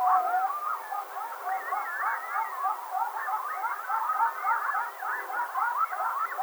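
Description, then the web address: Coyote chorus of many overlapping yips, warbles and short howls, a dense continuous jumble of rising and falling cries throughout. Recorded on 19 April 2007. "Coyote 2007 04 19 howl"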